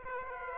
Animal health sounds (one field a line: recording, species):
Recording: mosquito wingbeat signal from an infrared sensor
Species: Aedes aegypti